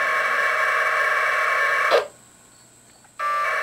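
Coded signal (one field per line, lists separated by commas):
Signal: packet radio (AX.25, as in APRS)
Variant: 1200 baud AFSK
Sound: two bursts of harsh warbling data tones separated by about a second of quiet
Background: radio static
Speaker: I'm going to go ahead and Type L to list all traffic on that bulletin board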